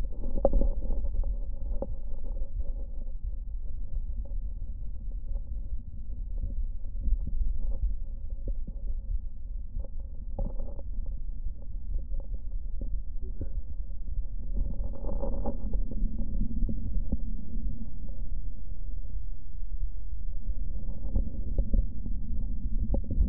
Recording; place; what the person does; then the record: lung sounds by stethoscope; left posterior apical chest; quiet breathing, then deep breathing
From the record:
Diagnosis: none (healthy); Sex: male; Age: 23 years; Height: 185 cm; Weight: 93 kg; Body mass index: 27.2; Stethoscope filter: diaphragm mode